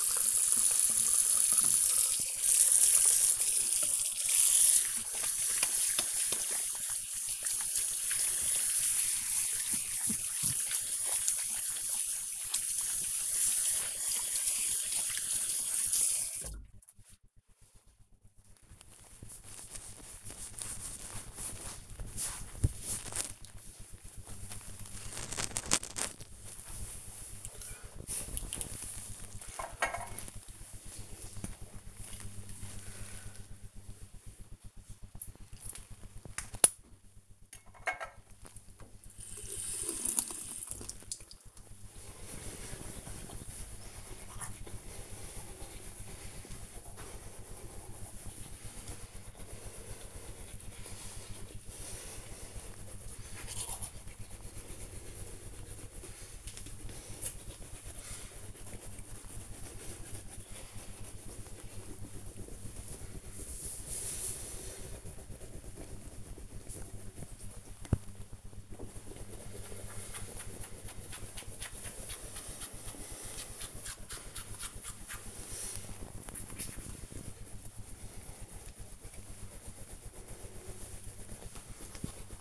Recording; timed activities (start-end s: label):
household activities, microphone on the right wrist
0.00-18.35 s: washing hands
29.43-82.41 s: brushing teeth